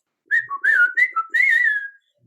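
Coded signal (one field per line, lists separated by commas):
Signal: whistled language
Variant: Hmong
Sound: a short whistled phrase of about six gliding pitch segments between low and high notes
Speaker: it's one of the first studies by a linguist on hmong whistle language and the top is when you speak this sentence which is come over here and let's go hunting and then bottom is if you whistle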